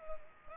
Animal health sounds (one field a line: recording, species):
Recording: mosquito wingbeat signal from an infrared sensor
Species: Culex pipiens